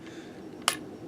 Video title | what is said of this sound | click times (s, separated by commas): Transformers Hunt For the Decepticons Voyager Class Sea Spray(Seaspray) | you want to bring this whole waist section down and around that'll click into place it's not a locking very well but it does click | 0.7 s